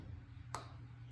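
A Di2 bicycle electronic shifting wire plug is pushed firmly into the junction box port so the wire engages and the system works. A single sharp click at 0.6 s stands out over a steady low hum. The plug snaps home and is seated.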